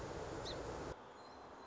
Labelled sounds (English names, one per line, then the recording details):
Song Sparrow
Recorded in Sonoma County, California